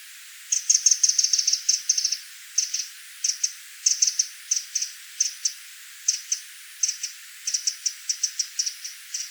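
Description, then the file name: Eurasian wren giving dry, high rattling calls in quick bursts, some long chattering runs and some short ticking groups, repeated throughout with brief pauses between. "Troglodytes troglodytes"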